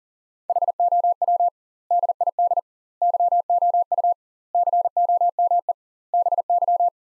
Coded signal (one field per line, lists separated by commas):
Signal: Morse code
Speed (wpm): 40 wpm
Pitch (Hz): 700 Hz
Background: none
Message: HOW DID YOU COME BY